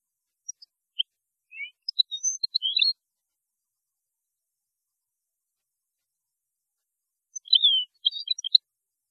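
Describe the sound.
European goldfinch song: scattered high chirps building into a quick twittering phrase, a long pause, then another short burst of tinkling notes.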